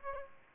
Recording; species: mosquito wingbeat signal from an infrared sensor; Aedes aegypti